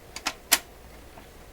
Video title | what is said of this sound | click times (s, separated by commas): Canadian Admiral YS-3610 Record Player Restoration | I can hear the part underneath snap. That's okay. There it comes. | 0.3 s, 0.5 s